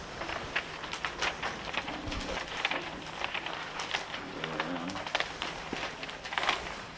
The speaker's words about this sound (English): Take it and just fold it in fours, okay? Real simple.